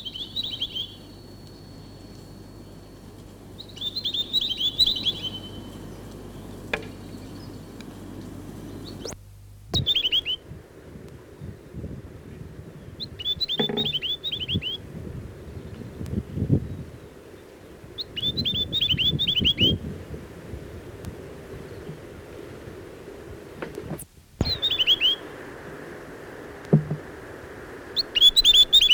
Chatham Island tomtit song.